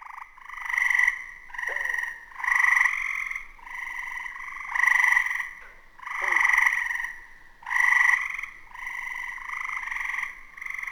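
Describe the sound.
Gray treefrogs calling in chorus: overlapping pulsed trills rise and fall almost continuously, with a few brief downward chirps mixed in.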